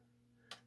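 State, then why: Seated. A bobbin winder holding a bobbin on a restored Singer 201 sewing machine is pressed in towards the hand wheel until it locks into place. A single sharp tick is heard at 0.5 s over a steady low hum. The winder is seated.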